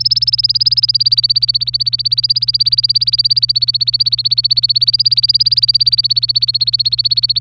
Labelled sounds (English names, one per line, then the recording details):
Domestic Canary song
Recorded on 25 April 2018 at 09:48
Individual llb3